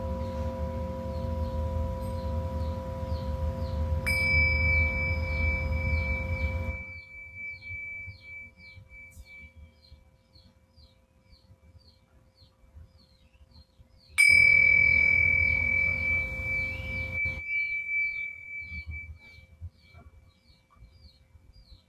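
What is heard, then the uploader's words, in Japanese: Tibetan singing bowls ring in long sustained tones, struck twice near 4 and 14 seconds, with a low rumble and soft chirps around them. メキシコからチベタンシンギングボウルのサウンドヒーリングライブ。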